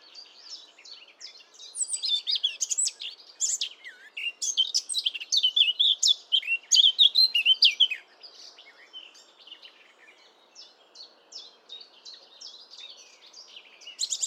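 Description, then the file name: Eurasian blackcap song: a lively chattering warble for about eight seconds, then quieter faint notes and a short burst at the very end. "Sylvia atricapilla"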